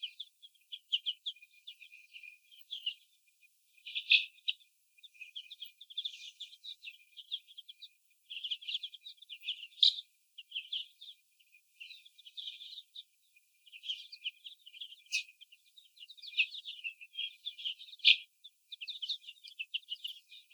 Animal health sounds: young laying hens in a cage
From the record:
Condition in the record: before the stressor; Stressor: sudden umbrella opening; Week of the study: 2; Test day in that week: 1

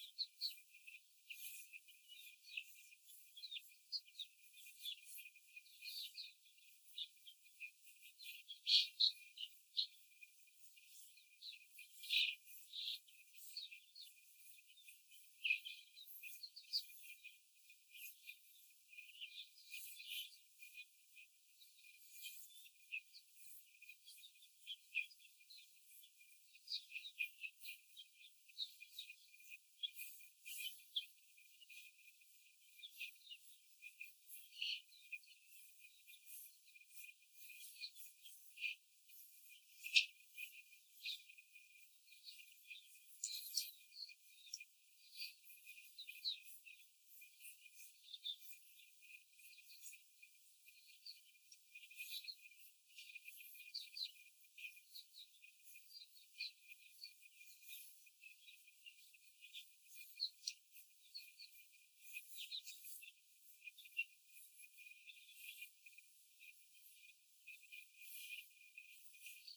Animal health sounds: young laying hens in a cage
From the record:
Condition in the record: after the stressor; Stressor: simulated dog barking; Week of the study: 4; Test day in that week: 1

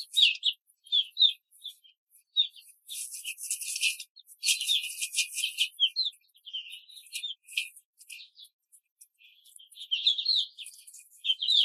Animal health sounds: young laying hens in a cage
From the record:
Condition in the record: control cage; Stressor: none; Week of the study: 5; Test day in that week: 1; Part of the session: 3

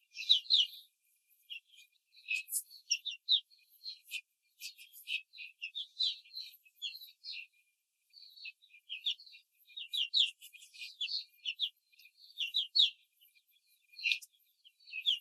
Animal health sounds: young laying hens in a cage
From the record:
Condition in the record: control cage, before the stress test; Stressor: none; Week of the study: 4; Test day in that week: 1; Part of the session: 3

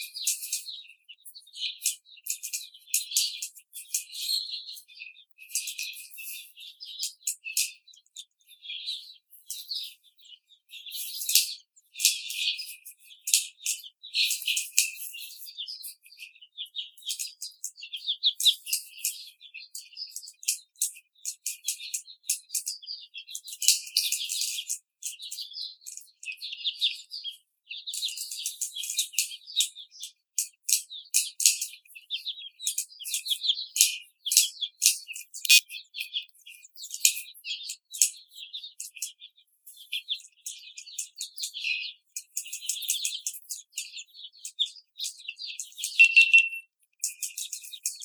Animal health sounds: young laying hens in a cage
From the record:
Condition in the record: after the stressor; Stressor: simulated dog barking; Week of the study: 4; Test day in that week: 2

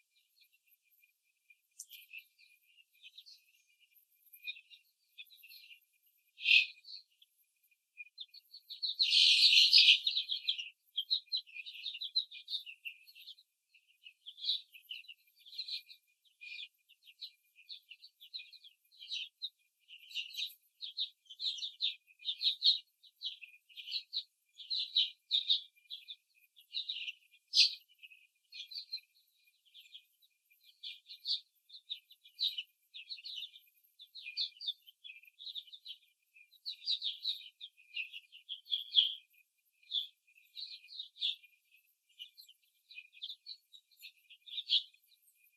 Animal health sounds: young laying hens in a cage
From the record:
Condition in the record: before the stressor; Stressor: simulated dog barking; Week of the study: 3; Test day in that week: 2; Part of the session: 1

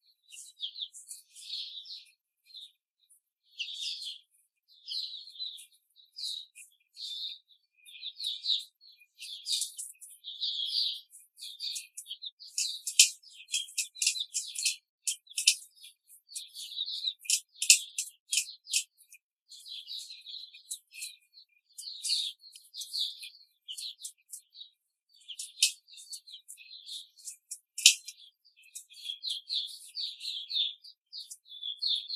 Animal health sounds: young laying hens in a cage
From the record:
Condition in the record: control cage, before the stress test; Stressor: none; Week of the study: 4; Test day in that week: 3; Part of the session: 1

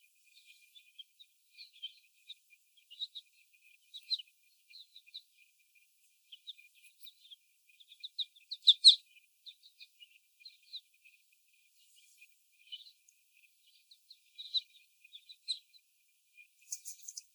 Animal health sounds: young laying hens in a cage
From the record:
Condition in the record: before the stressor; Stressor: sudden umbrella opening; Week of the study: 1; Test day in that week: 1

